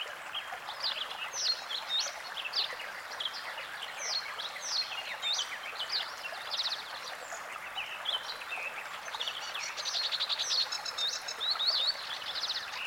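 Many birds call and sing at once in a seasonal outdoor ambience, with bright chirps, trills and quick whistled phrases overlapping throughout. Beneath them a steady hiss of background noise fills the middle range. The chorus grows busier and louder after about ten seconds.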